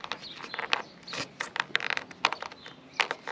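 A flexible neon LED strip light is pressed along its length into a recessed aluminium track set in timber, with soft rubbing and smaller ticks between sharp snaps at 0.7, 1.8 and 2.3 seconds. The strip ends up seated fully in the track.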